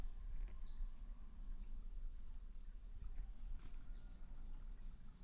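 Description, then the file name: Hermogenes's toadlet gives two brief, piercing high chirps a fraction of a second apart midway through, with quiet low background hum otherwise. Recorded at Picinguaba on 13 December 2017; individual 2. "MHNCI B hermogenesi Picinguaba ind 2 ex 2 tudo 05 cm 13 dez 2017 MRB"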